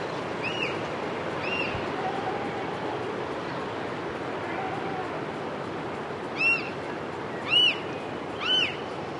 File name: black chested buzzard eagle